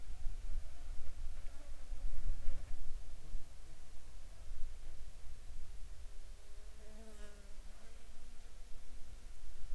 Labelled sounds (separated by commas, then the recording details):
insects
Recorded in the Arctic National Wildlife Refuge, Alaska, on 7 July 2019 at 09:31
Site 43